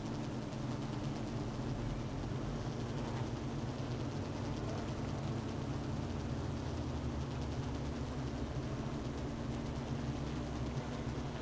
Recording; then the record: honeybee colony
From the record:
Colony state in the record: missing queen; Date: 31 May 2018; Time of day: 12:34